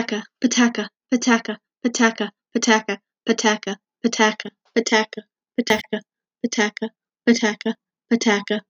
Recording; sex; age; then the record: repeated syllables /pa ta ka/; female; 30 to 39 years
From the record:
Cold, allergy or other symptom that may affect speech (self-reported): no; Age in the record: 37 years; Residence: Georgia, United States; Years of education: 9